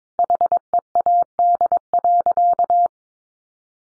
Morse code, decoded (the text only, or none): HEAD.